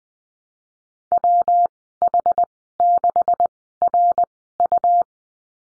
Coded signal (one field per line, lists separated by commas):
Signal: Morse code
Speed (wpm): 20 wpm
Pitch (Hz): 700 Hz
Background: none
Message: WH6RU